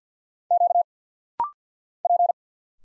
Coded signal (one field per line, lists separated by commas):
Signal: Morse code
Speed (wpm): 50 wpm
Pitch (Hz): 700 Hz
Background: none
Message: Q P